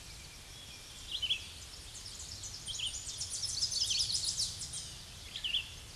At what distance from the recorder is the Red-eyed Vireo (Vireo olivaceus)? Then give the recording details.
about 25 m. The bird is about 10 m above the microphone. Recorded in a Pennsylvania forest on 16 May 2024 at 07:14. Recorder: AudioMoth, point MSD-2429. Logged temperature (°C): 16.7 °C. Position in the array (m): 98 m, 98 m